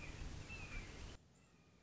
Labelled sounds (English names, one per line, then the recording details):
Red-shouldered Hawk
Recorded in Sonoma County, California